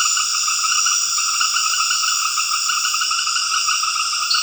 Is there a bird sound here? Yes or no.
no